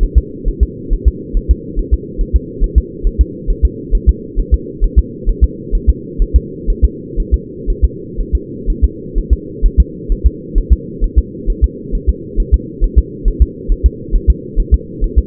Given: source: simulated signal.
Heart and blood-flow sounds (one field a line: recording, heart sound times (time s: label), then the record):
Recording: fetal heart sounds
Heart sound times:
0.03 s: S1
0.18 s: S2
0.48 s: S1
0.63 s: S2
0.93 s: S1
1.08 s: S2
1.37 s: S1
1.51 s: S2
1.79 s: S1
1.94 s: S2
2.21 s: S1
2.36 s: S2
2.64 s: S1
2.78 s: S2
3.07 s: S1
3.21 s: S2
3.50 s: S1
3.65 s: S2
3.95 s: S1
4.09 s: S2
4.39 s: S1
4.54 s: S2
4.84 s: S1
4.99 s: S2
5.29 s: S1
5.44 s: S2
5.75 s: S1
5.89 s: S2
6.22 s: S1
6.36 s: S2
6.70 s: S1
6.84 s: S2
7.20 s: S1
7.34 s: S2
7.70 s: S1
7.84 s: S2
8.21 s: S1
8.35 s: S2
8.70 s: S1
8.84 s: S2
9.18 s: S1
9.33 s: S2
9.66 s: S1
9.80 s: S2
10.12 s: S1
10.26 s: S2
10.58 s: S1
10.72 s: S2
11.04 s: S1
11.18 s: S2
11.50 s: S1
11.64 s: S2
11.95 s: S1
12.09 s: S2
12.40 s: S1
12.54 s: S2
12.84 s: S1
12.98 s: S2
13.28 s: S1
13.42 s: S2
13.72 s: S1
13.86 s: S2
14.15 s: S1
14.30 s: S2
14.60 s: S1
14.74 s: S2
15.04 s: S1
15.18 s: S2
From the record:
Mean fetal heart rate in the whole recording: 130 bpm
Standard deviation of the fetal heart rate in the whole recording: 4 bpm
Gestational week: 38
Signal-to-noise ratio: -4.1 dB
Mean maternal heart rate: no maternal heart sound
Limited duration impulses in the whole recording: absent